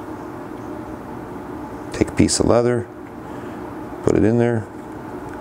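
A metal eyelet carrying a piece of leather is handled toward the anvil of a hand setting tool while someone talks over low steady background noise. The eyelet is not yet set down and locked onto the anvil; nothing has seated or clicked yet.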